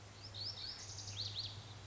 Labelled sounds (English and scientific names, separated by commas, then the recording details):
Lazuli Bunting (Passerina amoena)
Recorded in Sonoma County, California